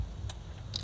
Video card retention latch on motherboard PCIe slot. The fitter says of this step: you'll find the feel it click. I think you just did it.